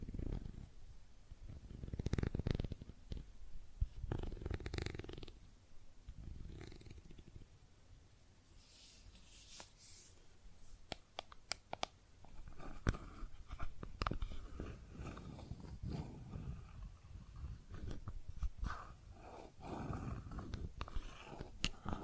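Makeup tapping and scratching sounds: soft, irregular taps and rubbing strokes, some scratches sharp and bright, others dull and low. Activity is sparser in the first half, then grows busier after about twelve seconds with quick clusters of clicks and rustling.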